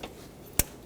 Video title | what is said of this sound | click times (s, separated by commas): How to Replace Distributor Rotor 1997-2006 Jeep Wrangler | you're going to hear it and feel it snap into place | 0.6 s